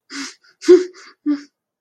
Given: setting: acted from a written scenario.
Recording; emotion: vocal sound without words; fear